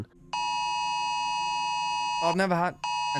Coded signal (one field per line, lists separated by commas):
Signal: Emergency Alert System (SAME) tones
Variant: 853 and 960 Hz attention tone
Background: speech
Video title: Brit Reacts to America's Emergency Alert Systems (EAS) are Scary...